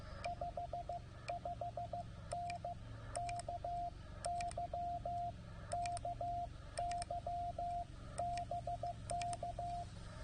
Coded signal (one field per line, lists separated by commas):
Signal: Morse code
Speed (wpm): 15 wpm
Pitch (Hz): 690 Hz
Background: radio noise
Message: 55N KY KY BK